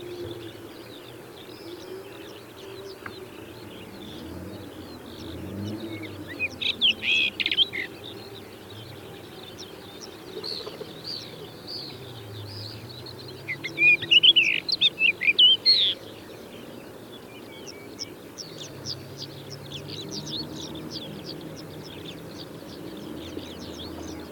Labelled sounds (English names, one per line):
Common Rock Thrush song